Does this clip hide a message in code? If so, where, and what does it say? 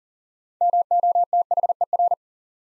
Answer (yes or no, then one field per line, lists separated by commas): yes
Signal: Morse code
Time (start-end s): 0.6-2.1 s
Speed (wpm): 37 wpm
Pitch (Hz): 700 Hz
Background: none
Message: MOTHER